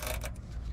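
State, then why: Seated. A plastic retaining clip on a trailer-light wiring harness is pushed up into a mounting hole in the body panel under a Ford Transit during a trailer brake control module install, to hold the wiring in place. Over a steady low rumble, a sharp snap at about 0.3 s marks the clip seating, followed by a fainter tick near 0.4 s. The clip is confirmed seated.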